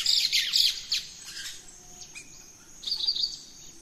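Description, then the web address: Birds chirping at dawn: bursts of high, quick twittering notes at the start and again near the end, with softer scattered calls between. Dawn chorus in rainforest, Gran Sabana, Venezuela. "naturescapes Birds in the Rainforest 03 Dawn Venezuela Gran Sabana"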